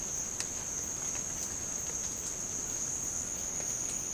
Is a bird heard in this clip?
no